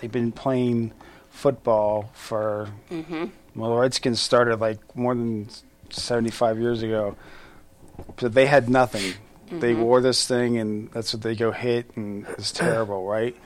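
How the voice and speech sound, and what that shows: An adult man with aphasia talks haltingly, with pauses, an unfinished phrase and vague words like "this thing," fitting mild aphasia.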